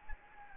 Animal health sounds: mosquito wingbeat signal from an infrared sensor; Anopheles gambiae

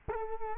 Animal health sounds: mosquito wingbeat signal from an infrared sensor; Culex quinquefasciatus

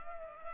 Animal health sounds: mosquito wingbeat signal from an infrared sensor; Culex pipiens

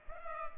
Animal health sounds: mosquito wingbeat signal from an infrared sensor; Culex pipiens

